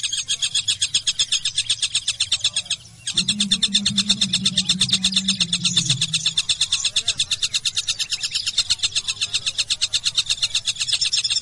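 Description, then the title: Java sparrow chirping in an unbroken stream of high, rapid ticks. A brief pause, then a low, drawn-out tone lasting a few seconds, with chirps continuing throughout. "kicau gelatik"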